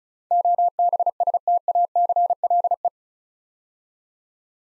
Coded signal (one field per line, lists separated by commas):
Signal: Morse code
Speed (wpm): 36 wpm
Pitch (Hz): 700 Hz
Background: none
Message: OBSTACLE